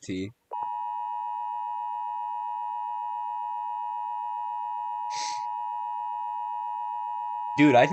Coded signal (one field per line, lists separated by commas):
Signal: Emergency Alert System (SAME) tones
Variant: 853 and 960 Hz attention tone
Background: speech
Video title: watching EAS scenarios and hanging out join plz part 2 (part 1 of part 2)